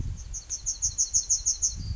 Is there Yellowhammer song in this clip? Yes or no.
yes